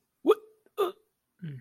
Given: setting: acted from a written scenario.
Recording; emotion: vocal sound without words; negative surprise